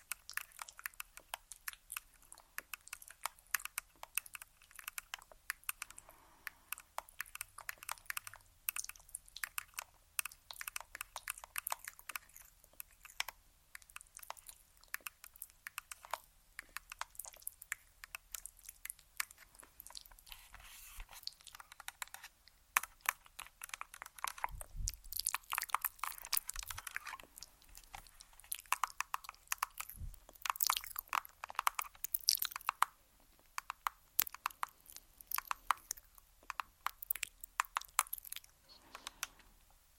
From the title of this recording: Tapping